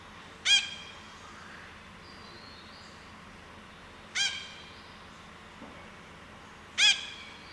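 Red-breasted parakeet giving harsh, screechy single calls, three spaced several seconds apart over a steady background hiss.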